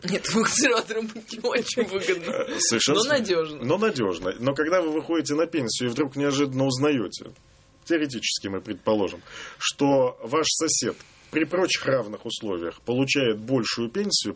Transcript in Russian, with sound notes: Нет, консерватором быть не очень выгодно. (смеется) Но надежно.
«Но надежно». Но когда вы выходите на пенсию и вдруг неожиданно узнаете, теоретически мы предположим, что ваш сосед при прочих равных условиях получает бóльшую пенсию.